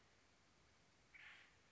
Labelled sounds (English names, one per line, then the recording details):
Acorn Woodpecker
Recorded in Sonoma County, California